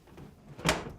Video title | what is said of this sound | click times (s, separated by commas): How to install the Roku Pro Series TV Wall Mount Kit | it's secure when you hear a click | 0.7 s